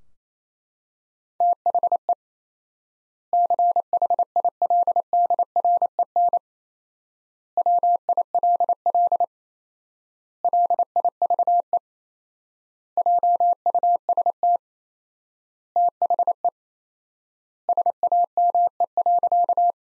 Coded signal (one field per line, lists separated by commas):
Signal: Morse code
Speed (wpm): 27 wpm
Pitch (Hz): 700 Hz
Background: none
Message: THE CHILDREN WILL LIVE JUST THE SAME.